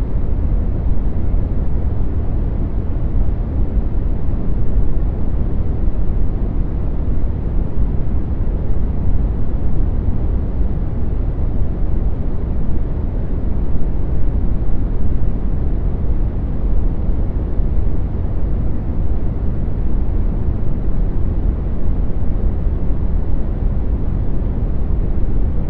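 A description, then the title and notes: Deep brown noise rumbles on without change for the whole stretch, heavy in the low end like an engine or surf. The sound is dense and even in loudness, thinning out toward the top, with nothing bright above the muffled roar. Deep brown noise is a type of sound that has a more significant amount of low-frequency (Bass) sound energy than white and pink noise.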